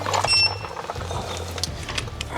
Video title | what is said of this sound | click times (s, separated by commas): DOC'S DIESEL - HUB ASSEMBLIES | right, so there you go. Heard the click. | 2.2 s